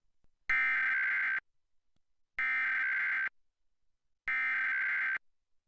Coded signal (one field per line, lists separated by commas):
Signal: Emergency Alert System (SAME) tones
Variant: header bursts